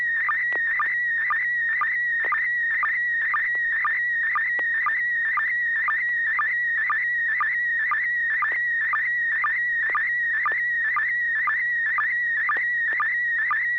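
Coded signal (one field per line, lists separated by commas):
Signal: SSTV (slow-scan television)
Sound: warbling tone near 1.9 kHz with sharp low blips about twice a second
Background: low electrical hum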